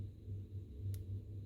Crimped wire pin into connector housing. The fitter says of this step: If you push them in, you should hear it click. I'll be quiet, you should hear it click.